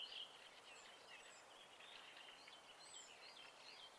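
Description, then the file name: Birds singing, a faint chorus of high chirps and thin whistled notes overlapping throughout, with a steady background hiss. Birds singing at night in spring. "Fugler Natt Vaar"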